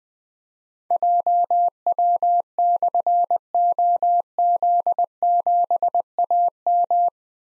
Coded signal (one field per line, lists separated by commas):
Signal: Morse code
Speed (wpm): 20 wpm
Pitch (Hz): 700 Hz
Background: none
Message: JW/OZ7AM